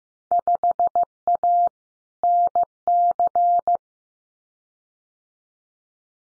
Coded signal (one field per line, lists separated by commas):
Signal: Morse code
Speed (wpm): 15 wpm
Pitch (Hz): 700 Hz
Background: none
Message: 5A NC